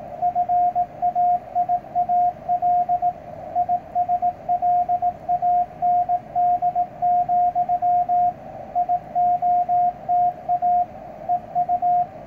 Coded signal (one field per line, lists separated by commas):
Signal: Morse code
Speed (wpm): 18 wpm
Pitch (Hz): 710 Hz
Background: radio noise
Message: FAIAL ISLAND, IOTA EU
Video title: CW with ham radio deluxe